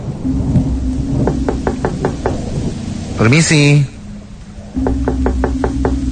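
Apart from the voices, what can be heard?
knocking on a door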